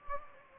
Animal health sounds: mosquito wingbeat signal from an infrared sensor; Anopheles gambiae

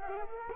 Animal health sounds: mosquito wingbeat signal from an infrared sensor; Culex quinquefasciatus

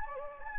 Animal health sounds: mosquito wingbeat signal from an infrared sensor; Anopheles gambiae

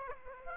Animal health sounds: mosquito wingbeat signal from an infrared sensor; Aedes aegypti

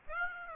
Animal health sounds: mosquito wingbeat signal from an infrared sensor; Aedes aegypti

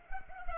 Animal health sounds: mosquito wingbeat signal from an infrared sensor; Culex pipiens

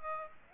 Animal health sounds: mosquito wingbeat signal from an infrared sensor; Aedes aegypti

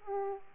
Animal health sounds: mosquito wingbeat signal from an infrared sensor; Aedes aegypti

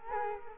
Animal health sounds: mosquito wingbeat signal from an infrared sensor; Culex quinquefasciatus

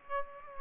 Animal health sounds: mosquito wingbeat signal from an infrared sensor; Aedes aegypti

